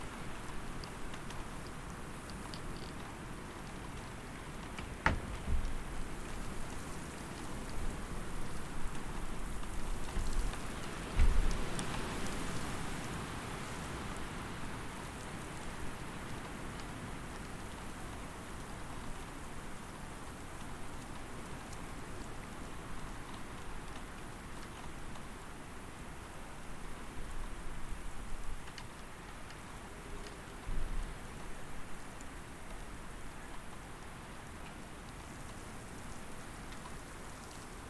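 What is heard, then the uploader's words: Soundscape from a rural property: a steady, dense patter of rain fills the whole clip, with a low rumble underneath. Sharp knocks land around 5 and 11 seconds, the second followed by a brief swell of louder noise. Long duration soundscape recordings made at my home, a rural property 22 KM west of the village of South River, Ontario, Canada. Based on recordings made through the month of February. I mounted two DPA 4060 miniature omni-directional microphones on either side of a sheet of plywood and then in most cases clamped that plywood under the overhang of a small out-building.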